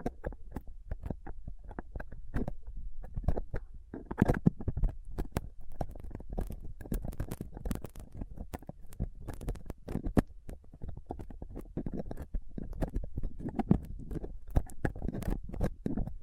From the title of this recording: Rough Mic Picking using Dental PickTweezersCotton Swab